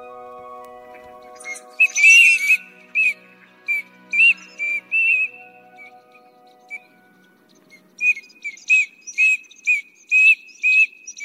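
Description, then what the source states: Eurasian teal whistling short ringing notes in a loose series, a brief busy burst at first, then steady single whistles about every half second near the end. Recorded at Miyaike pond, Kagawa Prefecture, Japan.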